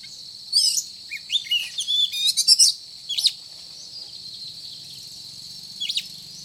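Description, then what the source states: Oriental magpie-robin song: a quick run of varied whistles and chattery notes, then two short phrases, over a steady high hiss. Described as gacor, singing vigorously.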